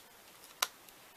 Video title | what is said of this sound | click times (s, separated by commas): Wow! Super Easy to create 3 Spiral Notebooks with 5/16" Spines & a Planner Punch Board | and you see how that cardboard went in real snap | 0.6 s